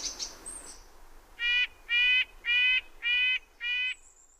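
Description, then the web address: Red-breasted nuthatch giving five nasal, horn-like notes in an even series, roughly two per second, with faint high chirps before and after. "Know Your Bird Sounds Common Western Species. Red-breasted Nuthatch"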